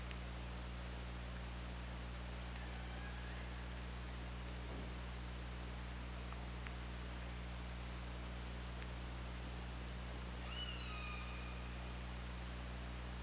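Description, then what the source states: Orca calls: a faint call early on, then a clear harmonic call at about ten seconds, over steady hiss and low hum. OrcaLab hydrophone, 24 August 2017, 21:30:39.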